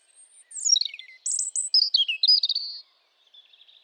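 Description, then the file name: European robin song: a cascade of high, thin descending notes followed by quick, sweet trilled phrases, ending in a soft twitter. "Erithacus rubecula"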